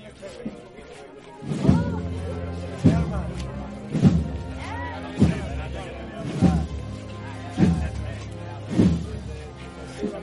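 The procession of María Santísima de Salud y Esperanza passes through San Benito, with heavy, regular thumps landing about every second and a quarter. Steady low tones hum underneath, and a murmur of voices runs throughout.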